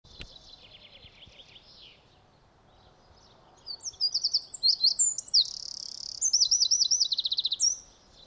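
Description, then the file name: Eurasian wren song: a soft high trill first, then a loud, fast burst of shrill varied notes and rattling trills lasting about four seconds. "Troglodytes troglodytes"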